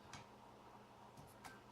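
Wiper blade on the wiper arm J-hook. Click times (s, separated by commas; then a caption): 0.1 s. A wiper blade is turned on the J-hook of a windshield wiper arm until it latches in place, giving a quiet click at 0.1 s. Two fainter ticks follow around 1.2 s and 1.5 s over a steady low background hum. The blade is seated on the arm.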